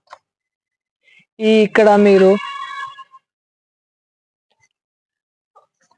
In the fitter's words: ఈ క్లిప్ అనేది మీరు హ్యాండిల్ బార్ ఫిట్ చేసేసుకుంటే ఇది జస్ట్ ఇట్లా లాక్ అయిపోతుంది అనమాట.